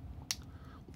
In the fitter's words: and it clicks into place and now he's ready